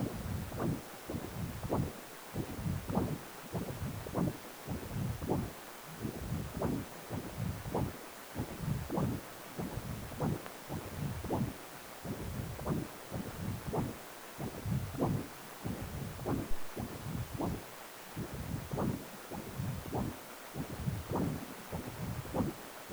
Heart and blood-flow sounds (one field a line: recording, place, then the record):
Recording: Doppler ultrasound of blood flow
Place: precordium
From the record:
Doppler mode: continuous wave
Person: healthy adult, 18 to 50 years, no heart murmur, not diving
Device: 2.5 MHz transducer